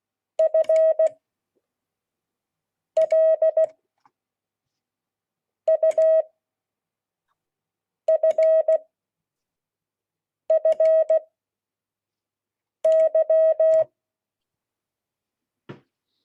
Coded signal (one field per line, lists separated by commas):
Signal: Morse code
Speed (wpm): 16 wpm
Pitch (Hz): 630 Hz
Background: none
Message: FLUFFY